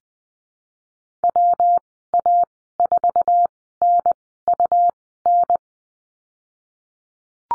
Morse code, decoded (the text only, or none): WA4NUN